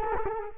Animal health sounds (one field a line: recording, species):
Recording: mosquito wingbeat signal from an infrared sensor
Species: Culex quinquefasciatus